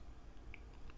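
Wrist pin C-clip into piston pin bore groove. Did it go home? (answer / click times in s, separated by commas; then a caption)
yes / 0.5 s. A steel C-clip for a piston wrist pin is pushed through a sleeve with an installer tool and snaps into its groove in the piston pin bore, giving a sharp click at 0.5 s and a fainter tick at 0.9 s. The clip is seated.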